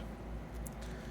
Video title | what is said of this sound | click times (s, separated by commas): Nintendo New 3DS Top Screen replacement PART 1 | there we go make sure it clicks in good | 0.7 s